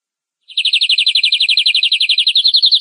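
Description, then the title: Canary trill, a fast, steady series of pulsed notes held evenly for over two seconds. "Kenari"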